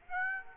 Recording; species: mosquito wingbeat signal from an infrared sensor; Aedes aegypti